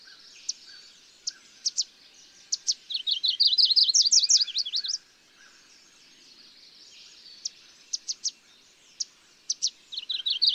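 Bird song: scattered sharp high chips, then a rapid run of looping V-shaped notes, then more spaced chips.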